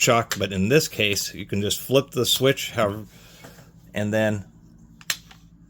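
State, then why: Seated. Someone talks, then the spring-loaded two-speed gear selector switch on a Milwaukee (AEG) anti-vibration hammer drill is flipped. The spring-loaded mechanism locks into place with a sharp, audible click at 5.1 s, seating the switch in its detent.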